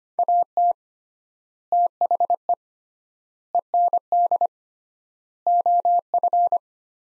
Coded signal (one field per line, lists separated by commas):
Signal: Morse code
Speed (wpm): 25 wpm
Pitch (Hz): 700 Hz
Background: none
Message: AT THE END OF